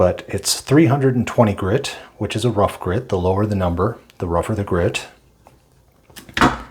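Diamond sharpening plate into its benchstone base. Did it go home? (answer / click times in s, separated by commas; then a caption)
yes / 6.4 s. Someone talks, then turns a two-sided diamond sharpening plate on its Work Sharp Benchstone base from the rough 320 grit side to the 600 grit side. A few faint scrapes lead into a sharp knock at 6.4 s as the plate locks in place.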